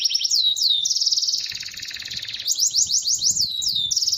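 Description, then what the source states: Bird song of looping high whistles broken by a long, rapid rattling trill in the middle, then more swift swooping notes. Described as a complete bird 'masteran' compilation.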